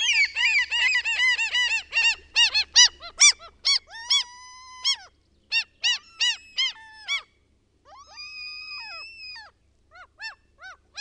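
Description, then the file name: Common gull in a burst of rapid yelping notes, then long level mewing cries and scattered short calls. The recordist's own bird recording. "KALALOKKI"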